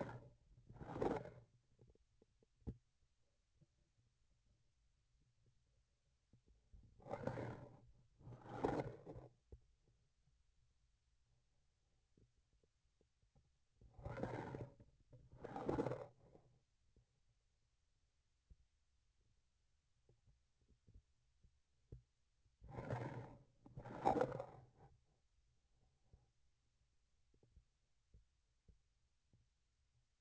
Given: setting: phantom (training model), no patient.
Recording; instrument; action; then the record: laparoscopic instrument, vibration sensor on the handle end; grasping forceps; approaching and retracting movements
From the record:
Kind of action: spatial motion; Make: other than Olympus